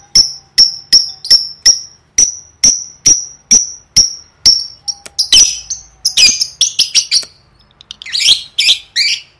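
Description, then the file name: Lovebird calls: sharp, clicking high chips repeated steadily, then giving way to harsher squawks in the second half. "tieng vet mau don"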